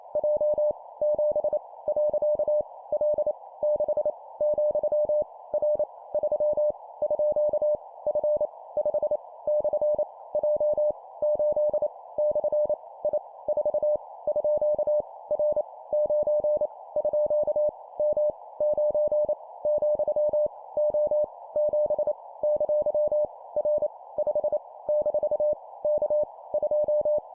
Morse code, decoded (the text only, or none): J 7 . L 6 , R 3 _ F 5 / J 8 / I 4 _ R 9 _ M 9 , O 7 ! R 5 - K 2